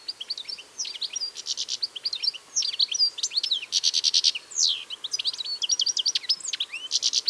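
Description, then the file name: European goldfinch singing a rapid, continuous twitter of liquid rising and falling notes, broken by several harsh buzzy bursts. "Carduelis carduelis"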